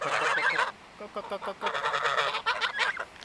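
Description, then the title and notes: Goose: geese honking in noisy loud bursts, a harsh chorus at the start, a short pause with soft clucks, then more overlapping honks. Visit to our goose friends. "Unsere Freunde, die Gänse. Besuch bei unseren Gänse-Freunden"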